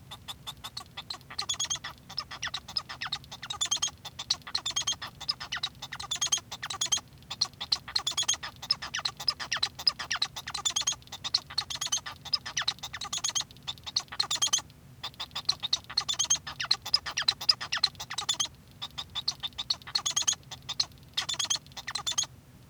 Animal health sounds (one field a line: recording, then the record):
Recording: song of a male Bengalese finch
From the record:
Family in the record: son of father 1